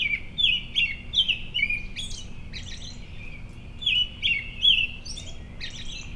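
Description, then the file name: American robin song of clear caroling phrases, rising and dropping, broken by a short pause midway, with high thin notes above and steady faint hum below. Predawn, at home in Maryland, 20 May 2012. "American Robin predawn Home MD 20120520"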